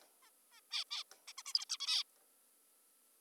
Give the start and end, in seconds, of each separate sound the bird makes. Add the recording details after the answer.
0.22-0.30, 0.52-0.61, 0.71-0.84, 0.91-1.04, 1.12-1.16, 1.28-1.33, 1.38-1.43, 1.46-1.53, 1.54-1.65, 1.70-1.78, 1.80-2.04. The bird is an adult. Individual g19o3U